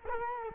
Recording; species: mosquito wingbeat signal from an infrared sensor; Culex quinquefasciatus